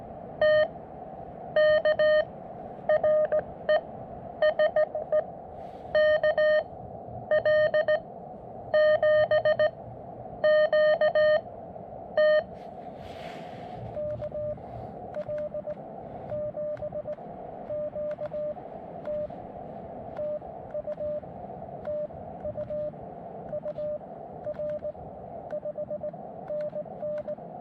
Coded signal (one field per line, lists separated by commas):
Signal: Morse code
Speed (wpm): 18 wpm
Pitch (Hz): 600 Hz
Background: radio noise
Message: TK R ES E KL7QT KL7QT TU TU UR 5NN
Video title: Gorge-ous SOTA | Windy Dog Day | Columbia River Gorge | Summits on the Air | Morse Code